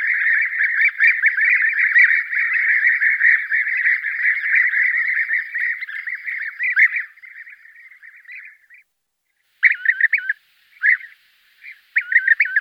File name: SCHurka zolotistaya